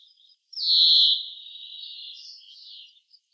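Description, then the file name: European greenfinch uttering one long, rasping nasal wheeze that fades into a softer trailing buzz, with a few faint chirps around it. "Chloris chloris"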